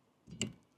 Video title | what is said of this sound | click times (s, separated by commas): Brake Overhaul Finished & Fitting Defender Wheels - Land Rover Discovery 4 - Episode 2 | That was actually You can hear the click. Just listen. | 0.4 s